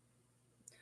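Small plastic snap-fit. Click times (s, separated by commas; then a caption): 0.7 s. A folding plastic spoon from a tuna snack kit is pressed together until the handle pops into its locked open position, after worry that it might break. Against a low steady background, a single sharp click sounds at 0.7 s as the handle snaps into place, with a faint rustle just before it. No one speaks in the clip.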